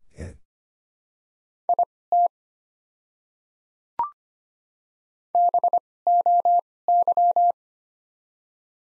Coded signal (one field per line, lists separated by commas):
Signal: Morse code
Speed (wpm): 25 wpm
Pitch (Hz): 700 Hz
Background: none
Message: IT BOY